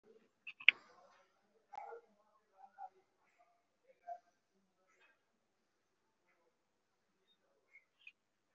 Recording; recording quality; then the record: deep breathing; poor, much background noise or distortion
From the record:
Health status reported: respiratory illness, not identified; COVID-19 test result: negative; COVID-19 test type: RT-PCR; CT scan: not taken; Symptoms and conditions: cold, breathing difficulty, sore throat, asthma, another respiratory illness, another condition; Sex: male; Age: 39 years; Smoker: no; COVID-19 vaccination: one dose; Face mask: worn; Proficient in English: no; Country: India